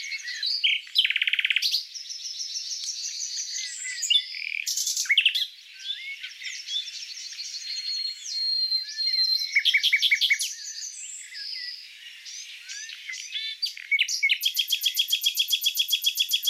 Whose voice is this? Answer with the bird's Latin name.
Luscinia megarhynchos